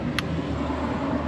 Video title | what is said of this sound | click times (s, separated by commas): How to Replace Interior Door Handles Toyota Camry 1997 1998 1999 2000 2001 4th Gen (XV20) | Clicks in place. | 0.2 s